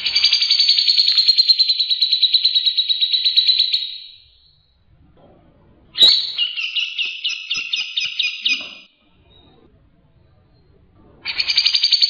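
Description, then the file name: Grey-cheeked bulbul churring in rapid pulsed bursts: a long steady buzzy trill, then a choppier, more varied chattering phrase, then another trill begins. Cucak jenggot sound offered as 'isian', filler song material for tutoring cage birds. "suara cucak jenggot isian"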